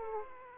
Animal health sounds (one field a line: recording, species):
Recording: mosquito wingbeat signal from an infrared sensor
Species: Aedes aegypti